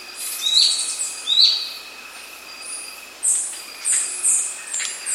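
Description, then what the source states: Slaty antwren: two quick rising notes in the first second and a half, then several higher, clipped notes from other birds. South America.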